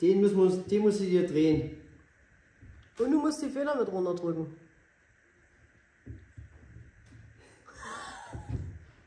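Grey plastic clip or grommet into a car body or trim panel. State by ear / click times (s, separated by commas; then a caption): not seated / none. Someone talks while two people turn a grey plastic clip or grommet and press it into the body or a trim panel of a Wartburg 353 Tourist, pushing a spring down at the same time. Only faint handling noises follow the talk, and nothing has seated or clicked yet. The clip jams canted instead of seating.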